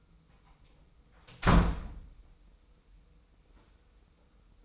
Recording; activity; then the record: daily activity, microphone in the room; close door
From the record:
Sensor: 1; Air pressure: 990.5 hPa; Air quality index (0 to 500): 161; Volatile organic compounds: 1000 ppm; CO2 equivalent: 5858 ppm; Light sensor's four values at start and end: 32/73/32/34 and 33/74/32/34